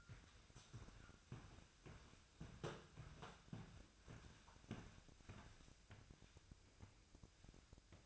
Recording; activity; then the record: daily activity, microphone in the room; walk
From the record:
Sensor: 2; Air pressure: 1001.5 hPa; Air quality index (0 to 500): 228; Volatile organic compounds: 26 ppm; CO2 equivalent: 2865 ppm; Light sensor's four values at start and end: 9/28/11/10 and 9/29/11/11